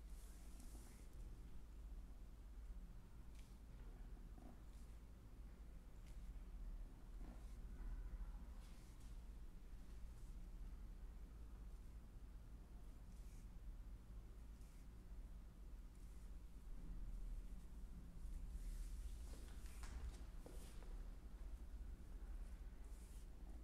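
Massage sounds on head, neck and arms: soft rubbing and brushing against skin and hair, with short crisp scratchy strokes every second or two. A steady low rumble sits underneath throughout, and the rustling grows busier near the end.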